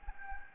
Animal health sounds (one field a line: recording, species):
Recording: mosquito wingbeat signal from an infrared sensor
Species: Anopheles gambiae